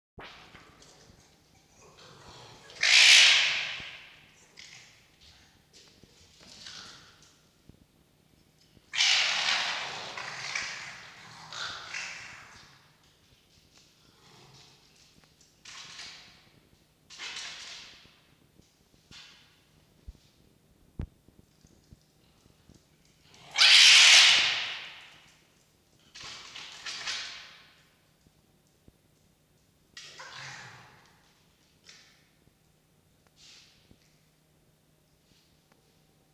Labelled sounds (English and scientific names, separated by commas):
Red Fox (Vulpes vulpes)